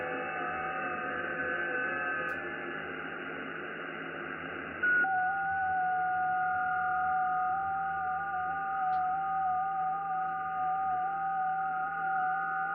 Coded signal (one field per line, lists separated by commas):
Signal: FT8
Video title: R1CBU - FULL INSTALL , XIEGU X6100 , MOD FIRMWARE , 2 Meters & 70cn Transverter, ft8 Decode, GPS